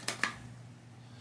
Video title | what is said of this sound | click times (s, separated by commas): New Life for Old 3M Peltor Tactical Pros | um as you can see mine just really popped off on popped off on me there but | 0.1 s, 0.2 s